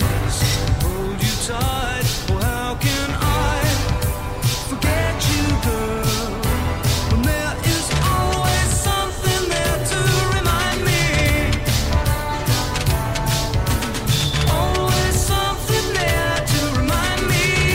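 A car's radio plays over the steady low rumble of the vehicle, a dense, unbroken sound at an even loudness throughout. Sharp ticks fall at a quick, regular pace, about two or three per second, above sustained tones that hold and shift like music.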